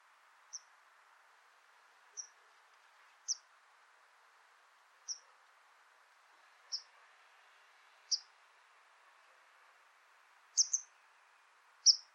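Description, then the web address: White wagtail calls: brief high single chirps, with one or two doubled near the end, repeated roughly every one to two and a half seconds against constant faint background hiss. "cianscape birddata Deverinetal 2025"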